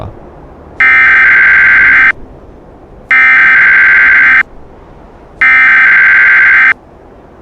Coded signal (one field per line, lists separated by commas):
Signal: Emergency Alert System (SAME) tones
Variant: header bursts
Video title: EAS Scenario: Yukina Part 4